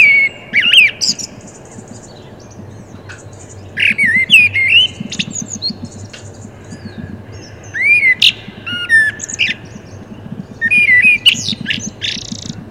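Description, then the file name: Common blackbird song: four low fluted warbling phrases, each ending in a high squeaky twitter, separated by pauses of a few seconds. "Turdus merula"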